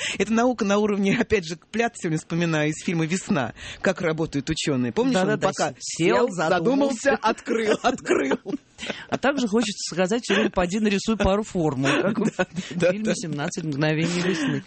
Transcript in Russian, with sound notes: Это наука на уровне, опять же, Плятта сегодня вспоминаю, из фильма «Весна». Как работает ученые, помнишь он показывал? Сел, задумался, открыл. (все смеются) А также хочется сказать все время: «Поди нарисуй пару формул» как в фильме «17 мгновений весны».